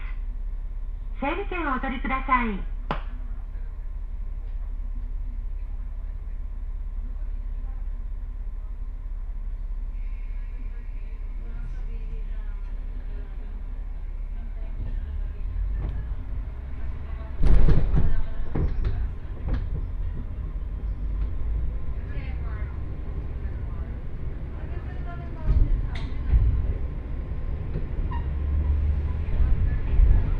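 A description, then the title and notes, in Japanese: Ride aboard a Johana Line train between Yuden and Johana, a steady low rumble of the running train filling the whole stretch. A brief chime-like announcement tone sounds near the start, and sharper clunks and rattles break through around 17–19 seconds and again near 26 seconds. 耳で楽しむ鉄道旅 城端線 油田→城端。城端線の終点城端駅は山がすぐ近くまで迫ってきており、その先には五箇山が控えているいわゆる行き止まりらしさが残る駅です。途中の砺波駅あたりまでは地元民の乗り降りが多く、そこから先は秋の乗り放題切符を持った人たちばかりと思われます。昔ながらの塗装の気動車が2両のんびりと走っていきます。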